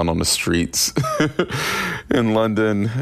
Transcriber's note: laughter